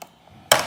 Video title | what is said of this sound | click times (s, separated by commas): etrailer - How to Set Up Your Yakima CoreBar Crossbars on a 2022 Ford Bronco Sport | or the other and then you'll know that you have everything nice and secure once you hear the click | 0.5 s